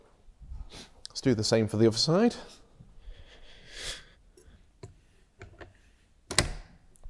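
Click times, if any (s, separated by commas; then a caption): 6.3 s, 6.4 s. Someone talks while the footrest hanger for the other side of a Days Escape Lite wheelchair is slotted onto the nubs of its aluminium frame, top and bottom, with no unscrewing, and swung into place. A loud, sharp click sounds at 6.3 and 6.4 s. The second footrest is locked in.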